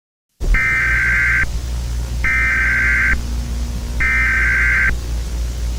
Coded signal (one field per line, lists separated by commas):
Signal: Emergency Alert System (SAME) tones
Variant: header bursts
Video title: Pokémon Error | An EAS Scenario